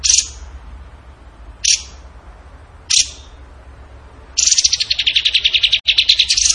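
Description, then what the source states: Bird giving three spaced sharp chips, followed by a dense, fast buzzy trill that runs to the end. Masteran training recording; song in the tembakan gacor style.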